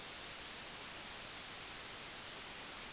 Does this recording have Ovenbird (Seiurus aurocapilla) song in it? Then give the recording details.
no. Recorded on 25 June 2016 at 08:17. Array SBT-6-76